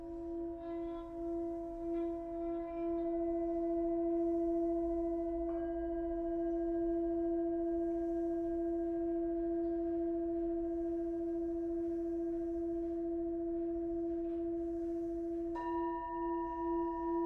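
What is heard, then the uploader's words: A sound bath of singing bowls, their low ringing tones held steady and overlapping for the whole stretch. A gentle wavering pulse rolls through the hum, and new, brighter bowl strikes chime in around six seconds and again near sixteen seconds. Sound Bath #008: Ravina Daswani. Recorded in December 2022, the paint had just dried in her new space and not all of her instruments were there. Each hit from other bowls shaped the sound in such unique ways.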